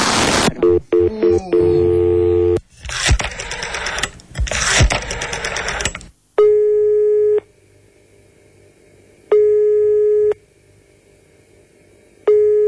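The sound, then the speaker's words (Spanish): A telephone call to a landline is dialed with a rush of harsh, buzzy electronic tones and clicks, then a steady ringing tone sounds three times, each long buzz separated by a silent pause. “Llamame a la línea y te sale más barato.”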